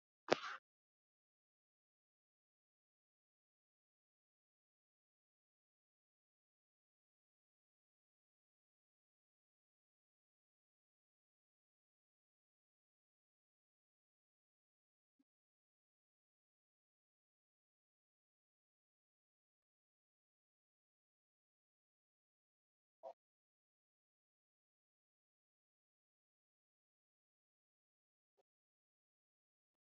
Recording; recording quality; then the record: deep breathing; poor, much background noise or distortion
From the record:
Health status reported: healthy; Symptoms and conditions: none ticked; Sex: female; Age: 19 years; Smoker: not ticked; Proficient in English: yes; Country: India